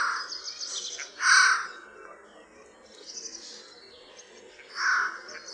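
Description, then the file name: Eurasian jay uttering a few hoarse, rasping calls at uneven intervals, with high twittering from other birds in the background. "SOJKA"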